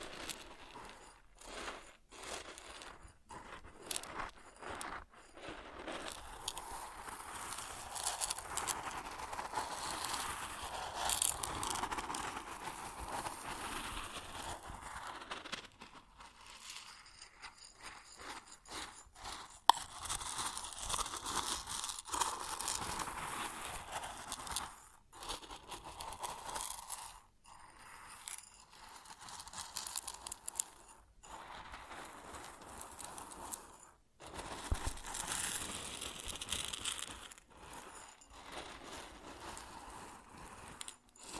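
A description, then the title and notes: Grain sounds: a continuous rustling and pouring hiss of dry kernels, dense and grainy, swelling and thinning in waves. Several sharp dropouts break the flow, near 16, 25, 31 and 34 seconds, and a single hard click lands around 19 seconds. ASMR Grain Sounds (No Talking).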